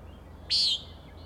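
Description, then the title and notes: Common nighthawk uttering a single harsh, buzzy peent, brief and nasal, over a quiet background. Three birds peenting, flying in close follow-the-leader formation at 375–450 feet, very close to recordist; Schoodic Head overlook, Acadia National Park, Winter Harbor, Maine; 4am, 16 June 2017. "Common Nighthawks, Schoodic Head 061617 4am. 3 common nighthawks making peenting calls and wings booms but also a rattling noise at the Overlook (410 ft) on Schoodic Head (435 feet) Schoodic division Acadia National Park Winter Harbor, ME"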